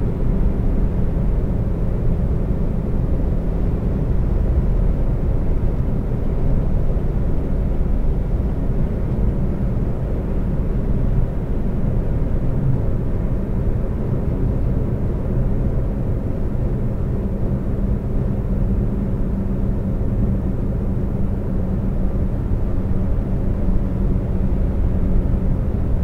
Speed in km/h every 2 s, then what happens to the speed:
134, 135, 137, 138, 142, 143, 143, 137, 135, 135, 134, 134, 132.
0-13 speeds up to 143. 13-26 slows to 132.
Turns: none.